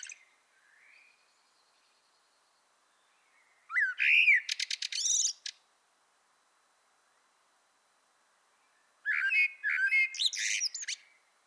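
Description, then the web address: Common blackbird song: two phrases, each a low fluted warble sliding up into a burst of high, squeaky twittering notes, with silence between them. "pub SETE data Turdus merula"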